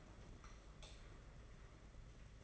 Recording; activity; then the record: daily activity, microphone in the room; light off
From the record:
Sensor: 4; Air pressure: 992.7 hPa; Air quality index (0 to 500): 171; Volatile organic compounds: 272 ppm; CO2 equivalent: 4417 ppm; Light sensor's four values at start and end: 6/14/5/6 and 4/8/3/3